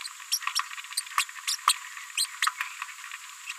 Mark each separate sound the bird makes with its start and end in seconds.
0.32-0.39, 0.55-0.59, 0.97-1.01, 1.18-1.24, 1.47-1.55, 2.17-2.25, 2.42-2.46